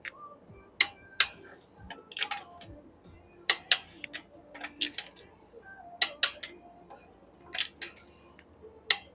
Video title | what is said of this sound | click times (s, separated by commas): 4Runner Tie Rod Replacement (Inner + Outer) – Step-by-Step Guide | you want to turn it until you hear a click. Go in the start pattern. | 0.8 s, 3.5 s, 6.0 s, 8.9 s